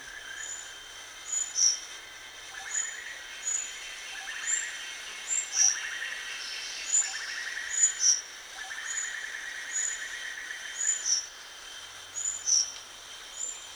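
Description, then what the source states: Rufous-chested flycatcher calls: thin, very high sharp notes repeated roughly every second, over a faint steady insect hum and softer buzzing. Recorded at Danum on 1 March 2008.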